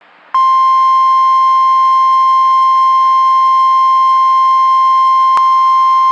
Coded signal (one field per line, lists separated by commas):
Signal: Emergency Alert System (SAME) tones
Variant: 1050 Hz attention tone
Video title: Tornado Watch #1 (EAS #241)